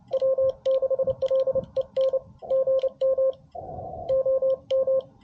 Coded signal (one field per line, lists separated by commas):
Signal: Morse code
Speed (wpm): 28 wpm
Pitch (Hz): 530 Hz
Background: radio noise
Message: W6LEN GM OM